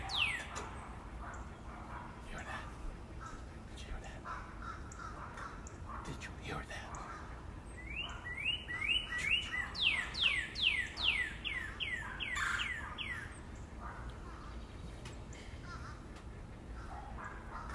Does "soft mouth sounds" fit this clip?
no